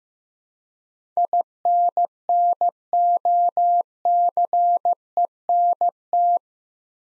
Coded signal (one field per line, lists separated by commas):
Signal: Morse code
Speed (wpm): 15 wpm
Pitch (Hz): 700 Hz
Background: none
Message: INNOCENT